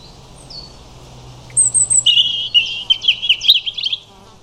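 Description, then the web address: European robin song: a high thin whistle leading into a rapid, tumbling sequence of sweet twittering notes over a faint low hum. "Deverinetal 2025 File origin Bird Only Er Ru"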